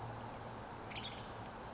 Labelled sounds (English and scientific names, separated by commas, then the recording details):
Western Tanager (Piranga ludoviciana)
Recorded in Sonoma County, California